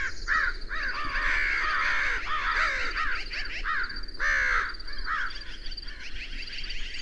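Bird calls: overlapping hoarse caws and longer grating squawks, with a few clearer bent notes standing out.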